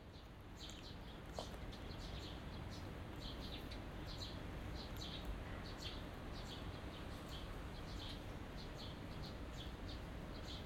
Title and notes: 小鳥のさえずり、雨上がりの庭園にて（Binaural）- Birds singing in the garden. 湯島天神の片隅にある小さな庭園で録音しました